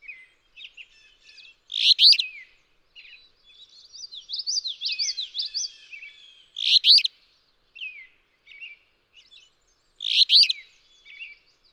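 Alder flycatcher song: three short, burry, buzzy phrases spaced several seconds apart, with another bird's thin, rapid warbling notes filling the gaps.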